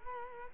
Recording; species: mosquito wingbeat signal from an infrared sensor; Culex quinquefasciatus